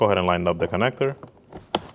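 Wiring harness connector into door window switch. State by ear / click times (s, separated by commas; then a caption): seated / 1.8 s. Someone talks as a plastic electrical wiring harness connector is lined up and pushed into the window switch on the door panel of a 2011-2016 Kia Optima during a rear power window regulator replacement. After the talking, a faint tap is heard at 1.6 s, then a sharp click at 1.8 s as the connector seats.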